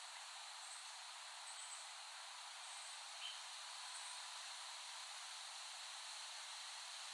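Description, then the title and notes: Cicadas in a dense, steady hissing drone, unbroken throughout, with a few faint high chirps above. Cicadas recorded in West Brighton, Staten Island, late summer 2008. "The Cicadas of Summer. Recording of cicadas made by Dan Bodah in West Brighton, Staten Island, late summer 2008"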